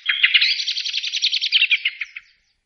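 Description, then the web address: Eurasian blackbird giving a rapid chattering series of harsh notes, fairly even for about two seconds before ending. "Voegel Amsel"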